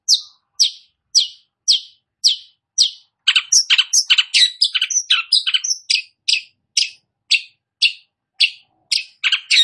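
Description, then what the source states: Long-tailed shrike song: evenly spaced sharp high notes about twice a second, broken by a burst of varied chatter, then returning to the steady notes. Described as gacor, singing actively.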